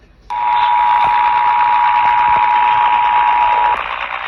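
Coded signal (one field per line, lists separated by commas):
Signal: Emergency Alert System (SAME) tones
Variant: 853 and 960 Hz attention tone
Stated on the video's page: EAS alerts received while DXing.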